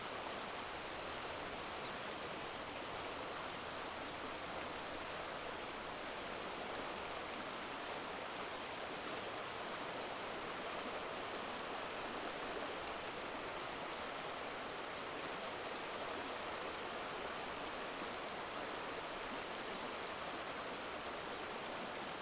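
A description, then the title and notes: A steady, even rush of water along a river, continuous and dense, with a soft hiss that reaches well into the bright range. The level barely changes across the whole recording, with no distinct events, just a faint low rumble underneath. A quiet spot near a river. This was recorded on Thursday afternoon while I was walking along the banks of a swollen Clark Fork River near the confluence with the Bitterroot River.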